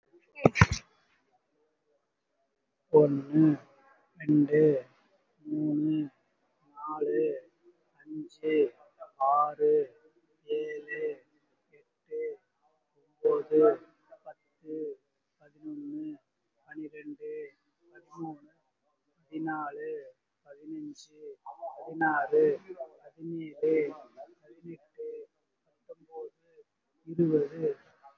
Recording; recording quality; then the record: counting at a normal pace; excellent, no background noise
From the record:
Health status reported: COVID-19 positive, mild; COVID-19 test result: positive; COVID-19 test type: RT-PCR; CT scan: not taken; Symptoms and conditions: cough, cold, fever, fatigue, muscle pain, loss of smell and taste, hypertension, diabetes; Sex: male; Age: 64 years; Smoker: no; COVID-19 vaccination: both doses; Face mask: worn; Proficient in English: yes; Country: India